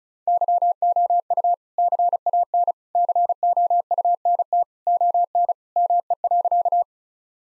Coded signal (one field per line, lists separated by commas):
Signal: Morse code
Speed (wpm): 34 wpm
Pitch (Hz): 700 Hz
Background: none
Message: YOU CAN COUNT ON ME.